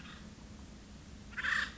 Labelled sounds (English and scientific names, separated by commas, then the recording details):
Acorn Woodpecker (Melanerpes formicivorus)
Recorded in Sonoma County, California